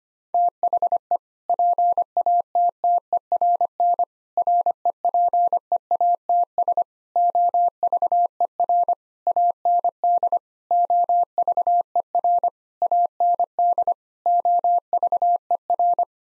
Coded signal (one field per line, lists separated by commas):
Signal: Morse code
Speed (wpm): 25 wpm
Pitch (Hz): 700 Hz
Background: none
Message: THE PATTERN REPEATS OVER AND OVER AND OVER